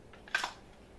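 A rear release pin joining the upper and lower receivers of a rifle is pushed home. A faint tick sounds just before a sharp metallic click at 0.35 s, followed by a short bright ring. The pin is seated.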